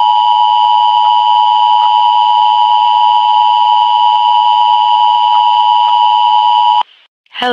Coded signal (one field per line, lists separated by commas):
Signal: Emergency Alert System (SAME) tones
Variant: 853 and 960 Hz attention tone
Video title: Attack on America | EAS Scenario